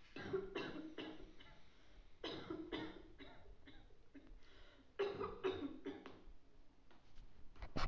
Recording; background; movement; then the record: deep breathing; a bystander coughing; sitting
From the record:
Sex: male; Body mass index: 20.5 kg/m2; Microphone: on the chest, facing outward